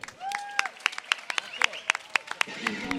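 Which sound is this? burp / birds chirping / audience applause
audience applause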